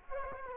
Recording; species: mosquito wingbeat signal from an infrared sensor; Culex quinquefasciatus